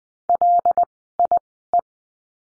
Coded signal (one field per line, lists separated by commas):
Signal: Morse code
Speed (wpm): 20 wpm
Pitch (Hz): 700 Hz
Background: none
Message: LIE